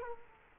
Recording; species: mosquito wingbeat signal from an infrared sensor; Culex quinquefasciatus